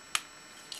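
A plastic toy cannon accessory is pressed lightly onto the arm of a WFC Megatron action figure without being pushed fully home. Sharp clicks are heard at 0.15 s and 0.72 s, the first much louder. The cannon is only partly attached and keeps popping out because it was not pushed into place properly.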